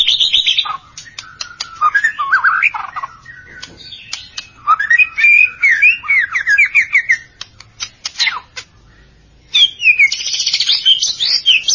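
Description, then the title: White-rumped shama delivering a long, varied song of rising and falling whistles and quick trills, with a brief pause before a high rapid burst. "Kicau Murai Batu"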